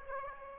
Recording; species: mosquito wingbeat signal from an infrared sensor; Aedes aegypti